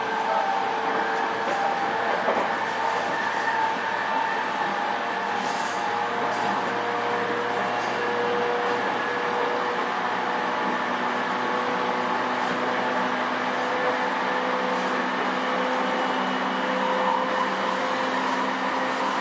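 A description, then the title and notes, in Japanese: A JR E231 series train runs at a steady pace, its rolling roar constant and dense throughout. Motor whine sits on top in several held tones that drift slowly in pitch, with a few faint clicks from the track now and then. JRE231系 伊東〜横浜。区間は伊東線→東海道線です。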